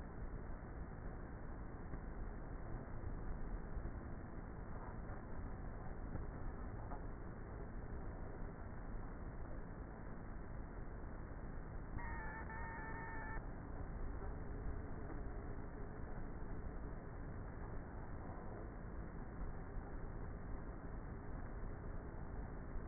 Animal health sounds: honeybee colony, microphone inside the hive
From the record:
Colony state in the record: queenless with a low population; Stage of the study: before two queens were removed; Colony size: about 30,000 bees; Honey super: no

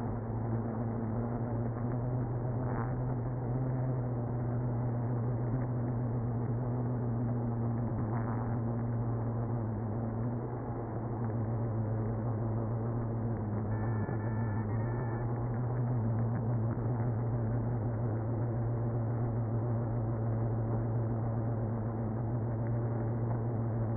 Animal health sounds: honeybee colony, microphone inside the hive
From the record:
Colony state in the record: queenless (queen removed); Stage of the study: after two queens were removed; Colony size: about 60,000 bees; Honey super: yes

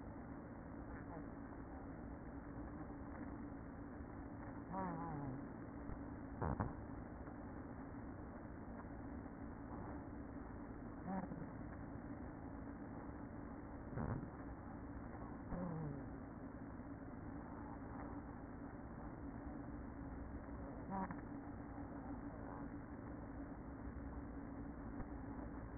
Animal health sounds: honeybee colony, microphone inside the hive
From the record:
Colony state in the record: queen present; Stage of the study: after two queens were removed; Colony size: about 60,000 bees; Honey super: yes

